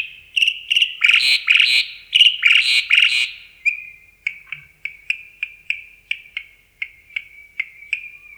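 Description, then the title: Javan pied starling with a burst of dense, harsh chattering notes, then a steady run of short, bright chirps. "Jalak Uren"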